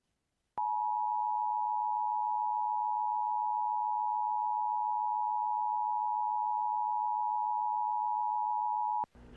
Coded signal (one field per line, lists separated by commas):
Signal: Emergency Alert System (SAME) tones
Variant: 853 and 960 Hz attention tone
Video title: EAS- A Day Full Of Pre-Tropical Weather Goodness